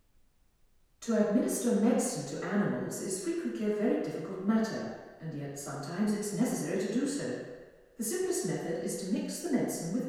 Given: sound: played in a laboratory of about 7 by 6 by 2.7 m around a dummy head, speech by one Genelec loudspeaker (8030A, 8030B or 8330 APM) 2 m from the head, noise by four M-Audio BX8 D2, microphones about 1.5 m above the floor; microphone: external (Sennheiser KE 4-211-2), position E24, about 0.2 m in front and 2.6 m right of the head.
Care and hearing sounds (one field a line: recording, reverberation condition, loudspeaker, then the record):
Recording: female speech in English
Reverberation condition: high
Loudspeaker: 30 degrees to the left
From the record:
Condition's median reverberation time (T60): about 1300 ms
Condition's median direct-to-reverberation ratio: about -4.0 dB